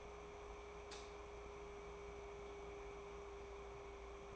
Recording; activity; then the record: daily activity, microphone in the room; light on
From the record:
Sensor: 1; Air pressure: 1010.3 hPa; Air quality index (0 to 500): 171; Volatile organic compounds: 12 ppm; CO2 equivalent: 2356 ppm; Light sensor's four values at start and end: 54/140/58/73 and 57/152/62/77